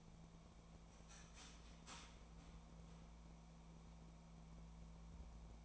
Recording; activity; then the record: daily activity, microphone in the room; start toaster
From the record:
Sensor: 1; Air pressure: 1000.3 hPa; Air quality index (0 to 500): 156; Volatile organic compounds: 3 ppm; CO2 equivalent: 1466 ppm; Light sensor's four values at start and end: 30/74/31/37 and 30/74/31/37